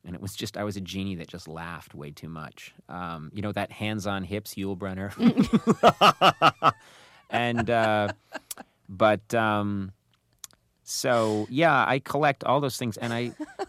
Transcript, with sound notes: And it was just, I was a genie that just laughed way too much. You know, that hands on hips Yul Brynner.
(LAUGHTER)
And, but, so, yeah, I collect all those things